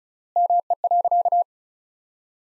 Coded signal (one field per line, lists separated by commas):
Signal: Morse code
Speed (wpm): 34 wpm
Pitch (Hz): 700 Hz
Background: none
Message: ME.